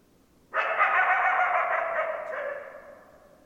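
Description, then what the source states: Coyote call: one sudden rough, harmonic howl, held for about two seconds before trailing off. Recorded 10 December 2012; more than one coyote.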